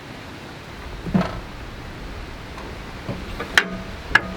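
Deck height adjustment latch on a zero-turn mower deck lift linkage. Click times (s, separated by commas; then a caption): 3.6 s, 4.2 s. On a Walker 37HP fuel-injected zero-turn commercial mower, the operator steps on the deck-lift pedal and lifts the adjustment nut on the metal deck lift linkage to lower the deck. After a softer knock near 1.2 s over steady background noise, the deck height adjustment latch engages with two sharp metallic clicks at 3.6 s and 4.2 s. The latch locks in place.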